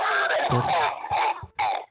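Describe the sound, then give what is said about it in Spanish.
A person coughs several times in quick succession: a long raspy, throaty cough followed by two or three shorter harsh bursts, fairly loud, with no talking. “Estoy con la tos porque me ha dicho el médico.”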